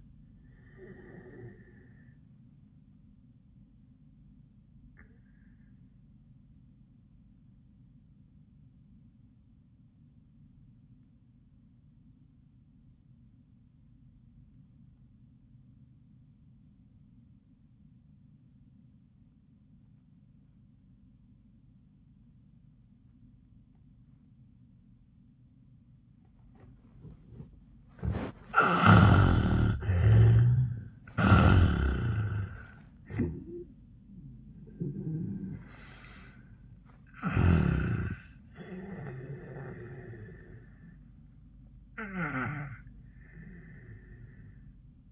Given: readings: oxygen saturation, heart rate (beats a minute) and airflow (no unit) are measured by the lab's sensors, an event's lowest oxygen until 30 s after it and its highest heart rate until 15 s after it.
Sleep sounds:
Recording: breathing in sleep by a smartphone at the bedside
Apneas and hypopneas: 1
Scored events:
4.00-29.00 s: obstructive apnea (N1, oxygen 97% highest, then 73% lowest, heart rate 91 at the start, 95 highest)
From the record:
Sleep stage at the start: N1 (lightest sleep)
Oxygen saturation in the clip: 79 to 97%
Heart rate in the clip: 72 to 96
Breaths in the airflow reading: 5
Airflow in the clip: -27.3 to 14.7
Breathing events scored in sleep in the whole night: 400 in 8.7 hours asleep

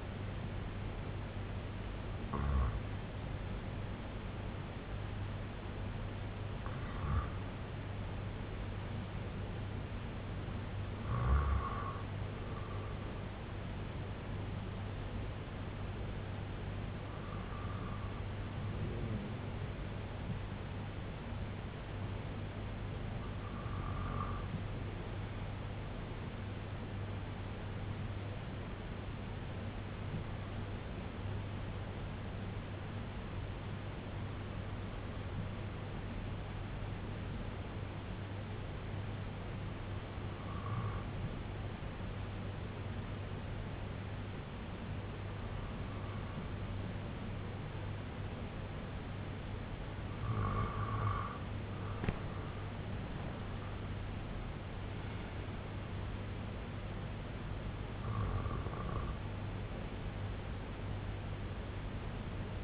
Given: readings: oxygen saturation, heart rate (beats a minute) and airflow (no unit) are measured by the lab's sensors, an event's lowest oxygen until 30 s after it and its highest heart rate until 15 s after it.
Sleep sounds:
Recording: breathing in sleep by a voice recorder at the bedside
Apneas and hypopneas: 1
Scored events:
22.00-56.40 s: hypopnea (N1, oxygen 96% highest, then 92% lowest, heart rate 72 at the start, 81 highest)
From the record:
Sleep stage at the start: N1 (lightest sleep)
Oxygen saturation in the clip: 93 to 97%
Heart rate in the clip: 66 to 93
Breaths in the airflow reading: 9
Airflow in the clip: -9.7 to 4.3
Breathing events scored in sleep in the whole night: 258 in 7.4 hours asleep

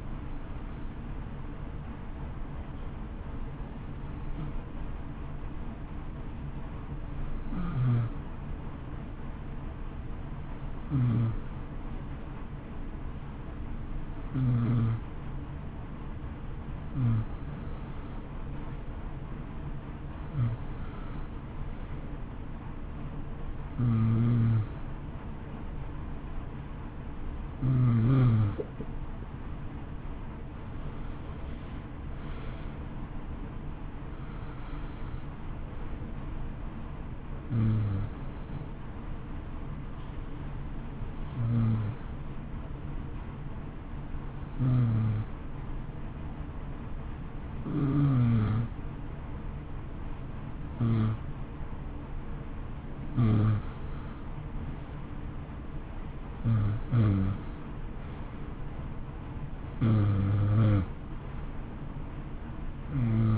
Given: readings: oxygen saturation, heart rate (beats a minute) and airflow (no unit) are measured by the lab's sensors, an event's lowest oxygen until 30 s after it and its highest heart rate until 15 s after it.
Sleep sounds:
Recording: breathing in sleep by a smartphone at the bedside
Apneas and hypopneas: 2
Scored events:
3.00-18.10 s: hypopnea (N1, oxygen 93% highest, then 89% lowest, heart rate 59 at the start, 63 highest)
16.00-63.38 s: new sleep stage, N2 (light sleep)
42.00-56.70 s: hypopnea (N2, oxygen 92% highest, then 89% lowest, heart rate 58 at the start, 66 highest)
From the record:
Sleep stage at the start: N1 (lightest sleep)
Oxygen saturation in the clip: 89 to 93%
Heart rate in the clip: 57 to 66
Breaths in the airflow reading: 19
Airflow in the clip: -11.5 to 9.4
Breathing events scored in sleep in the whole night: 328 in 6.3 hours asleep

